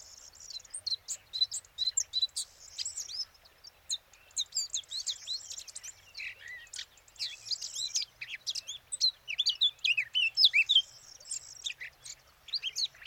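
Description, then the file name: Eurasian blackcap delivering long, continuous warbling: scratchy chatter mixed with clear looping whistles, sustained throughout with only short breaks. "Sylvia atricapilla"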